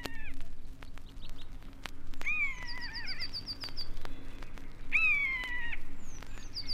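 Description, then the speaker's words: Common Buzzard giving drawn-out, downslurred mewing cries, with high, thin repeated tit notes running through the gaps. Bird gliding above tall trees, giving its plaintive cry while looking for rodents; a blue tit keeps calling nearby. "Une buse plane au-dessus des grands arbres et jette son cri plaintif."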